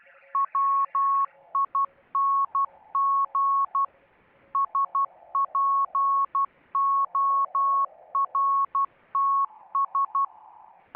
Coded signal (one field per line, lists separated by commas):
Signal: Morse code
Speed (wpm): 12 wpm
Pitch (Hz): 1100 Hz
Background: none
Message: WING SPORTS